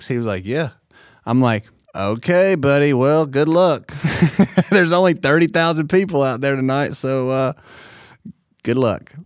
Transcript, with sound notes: He was like, ‘Yeah.’ I’m like, ‘Okay buddy, well, good luck! (laughs) There’s only 30-thousand people out there, so…good luck.”